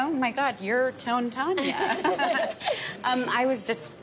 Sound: laughter

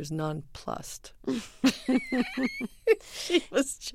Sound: laughter

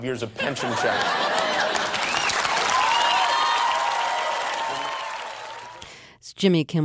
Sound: laughter; applause

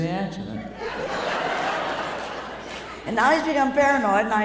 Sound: laughter

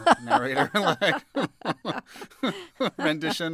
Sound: laughter

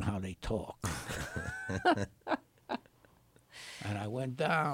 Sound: soundbite of laughter

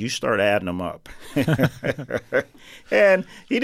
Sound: soundbite of laughter

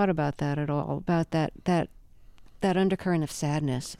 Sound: none

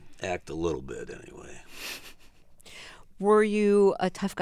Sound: laughter

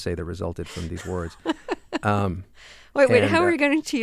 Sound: laughter

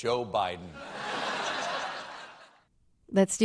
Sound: laughter

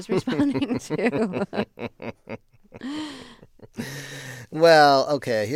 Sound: soundbite of laughter

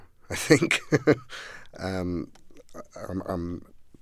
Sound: soundbite of laughter

